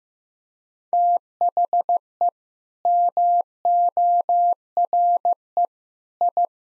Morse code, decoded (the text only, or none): THE MORE I